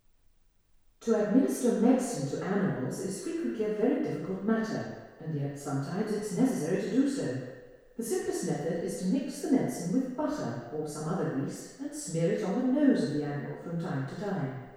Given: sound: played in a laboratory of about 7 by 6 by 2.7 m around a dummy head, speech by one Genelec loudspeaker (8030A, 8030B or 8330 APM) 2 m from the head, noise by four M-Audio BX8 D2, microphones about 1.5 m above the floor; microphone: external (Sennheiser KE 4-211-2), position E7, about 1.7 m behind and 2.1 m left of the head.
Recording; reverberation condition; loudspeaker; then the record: female speech in English; high; behind (180 degrees)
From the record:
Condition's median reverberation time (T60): about 1300 ms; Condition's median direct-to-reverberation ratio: about -4.0 dB